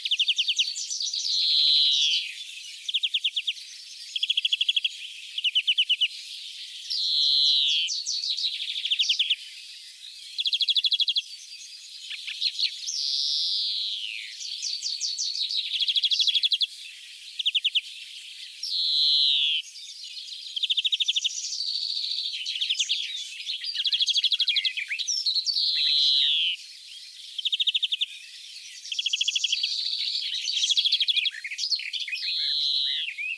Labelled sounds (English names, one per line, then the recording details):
European Greenfinch song
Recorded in the wild
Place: Kaiserstuhl, Baden-Württemberg, DE
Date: 1981-05-16
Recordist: Schwarz, Dieter